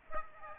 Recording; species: mosquito wingbeat signal from an infrared sensor; Aedes aegypti